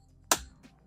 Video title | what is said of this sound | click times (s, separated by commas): Ford F150 “BEST IN CHANNEL” Rain Guards. No Bounce Back. | Hear it pop. Just like that. | 0.3 s